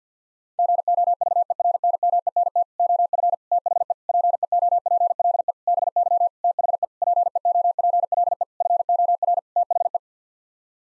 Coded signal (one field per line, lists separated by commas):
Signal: Morse code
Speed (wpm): 50 wpm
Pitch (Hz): 700 Hz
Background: none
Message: GOVERNMENT OF THE PEOPLE BY THE PEOPLE FOR THE